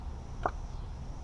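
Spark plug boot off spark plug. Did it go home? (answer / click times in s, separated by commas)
released / 0.5 s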